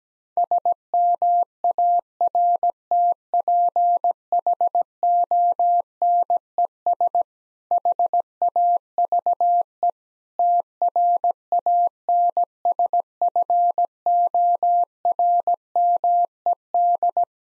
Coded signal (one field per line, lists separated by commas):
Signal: Morse code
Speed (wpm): 17 wpm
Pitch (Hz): 700 Hz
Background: none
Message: SMARTPHONES HAVE TRANSFORMED